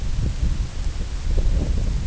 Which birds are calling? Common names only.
none